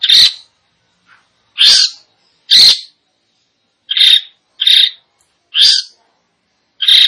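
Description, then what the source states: Long-tailed shrike producing loud, harsh rasps, each short and separated by brief, uneven silences. Indonesian name cendet; described as gacor, actively and vigorously singing.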